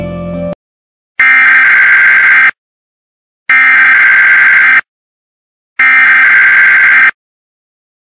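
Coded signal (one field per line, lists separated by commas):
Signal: Emergency Alert System (SAME) tones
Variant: header bursts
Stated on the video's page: Fake alert.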